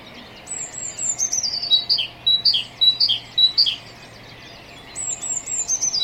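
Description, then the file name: Great tit chips in a rapid, evenly spaced run of sharp two-part notes, framed by high, thin, stepping-down trills. "Parus major"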